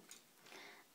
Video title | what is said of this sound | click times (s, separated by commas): Transformers Generations Warpath | um yeah you're just going to push that in for the head to come out and then you you're supposed to hear a click | 0.1 s